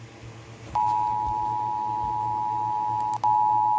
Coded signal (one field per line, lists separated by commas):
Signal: Emergency Alert System (SAME) tones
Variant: 853 and 960 Hz attention tone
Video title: REUPLOAD | EAS #101/112 | Minnesota's Required Monthly Test - 06/07/2023